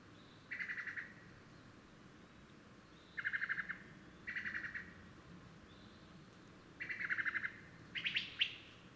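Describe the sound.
Bird song in lower, buzzy bursts of fast repeated notes, ending with a brighter, sharper phrase.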